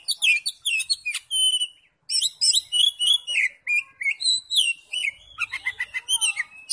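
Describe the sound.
Oriental magpie-robin song, a stream of rich whistles, slurs and sharp notes, briefly pausing before resuming a varied warble.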